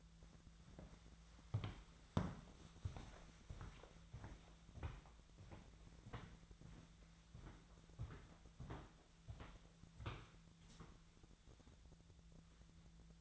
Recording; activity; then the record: daily activity, microphone in the room; walk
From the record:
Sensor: 3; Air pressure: 1008.3 hPa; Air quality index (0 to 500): 191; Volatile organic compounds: 14 ppm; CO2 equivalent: 2455 ppm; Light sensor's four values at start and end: 18/42/18/18 and 17/42/18/18